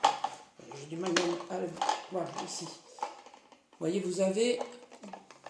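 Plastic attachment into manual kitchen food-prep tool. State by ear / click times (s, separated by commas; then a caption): not seated / none. A plastic attachment is handled against a Tupperware Adaptachef manual kitchen food-prep tool while someone talks, with small plastic knocks and clacks between the words. The part has not yet been pushed fully home, so nothing has seated or clicked yet.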